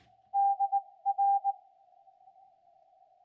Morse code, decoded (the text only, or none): DR